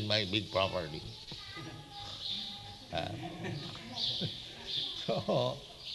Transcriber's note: laughs